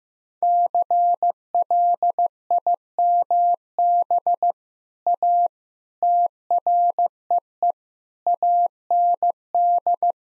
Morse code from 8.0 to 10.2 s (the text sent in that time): AND